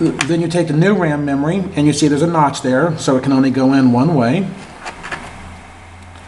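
A new RAM module is handled and lined up by its notch with the memory slot of a Hewlett-Packard (HP) laptop, then positioned into the slot before being pushed down. Someone talks for most of the clip, followed by quiet handling sounds and a low background hum. Nothing has seated or clicked yet.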